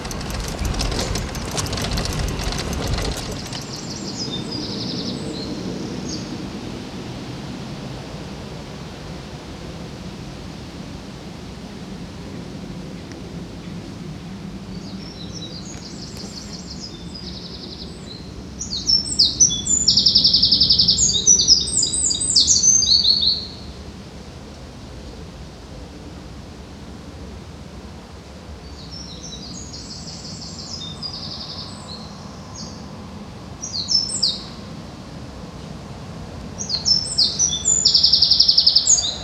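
Riverside sounds in Odense, Denmark: a steady low rumble runs throughout, with a brief burst of rustling at the very start. High, chirping bird calls come in bunches, around 4–8 seconds, 16–23 seconds, and again near 30 and 36–39 seconds.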